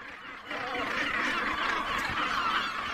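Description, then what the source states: Northern gannets calling, harsh overlapping calls forming a continuous rough chorus. Gannets on Britain's coastlines, a population under threat from the spread of bird flu.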